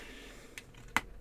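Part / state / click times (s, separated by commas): plastic building brick onto another brick of the model / seated / 1.0 s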